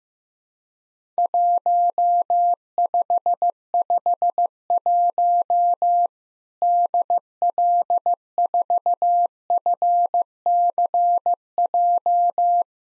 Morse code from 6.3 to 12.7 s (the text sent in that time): DL4FCJ